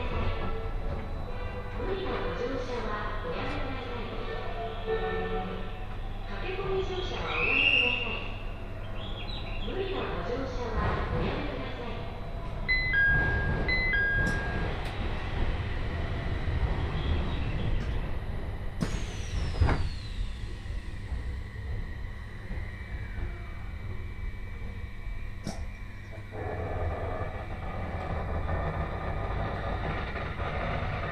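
A train ride on the Joban Line, with a steady low rumble, voices, a few short electronic tones, and a hissing burst near twenty seconds.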